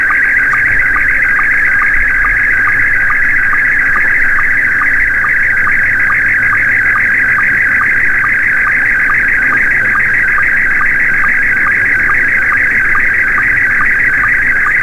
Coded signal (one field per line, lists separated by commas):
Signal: SSTV (slow-scan television)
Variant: Scottie 1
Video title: SSTV Transmission - Sending Images via Frequencies